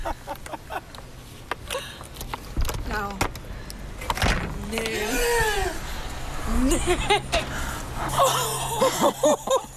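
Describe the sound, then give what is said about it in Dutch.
An old 60-year-old house key, kept for decades, scrapes and clicks in the door lock of a house on the Prinsengracht, with short metallic rattles, while a few people talk and give brief exclamations and breathy laughs. “De 60 jaar oude sleutel die mijn oma al die tijd heeft bewaard, werkt nog steeds.”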